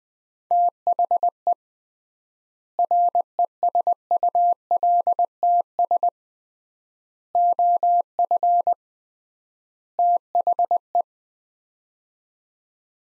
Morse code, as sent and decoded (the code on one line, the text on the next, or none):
- .... . / .-. . ... ..- .-.. - ... / --- ..-. / - .... .
THE RESULTS OF THE